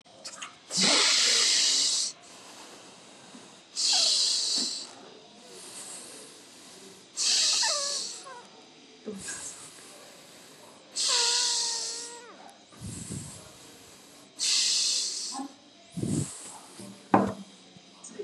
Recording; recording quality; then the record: deep breathing; excellent, no background noise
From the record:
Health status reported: COVID-19 positive, mild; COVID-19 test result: positive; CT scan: not taken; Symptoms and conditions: none ticked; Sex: male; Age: 24 years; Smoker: no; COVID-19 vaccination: both doses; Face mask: not worn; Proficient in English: yes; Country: India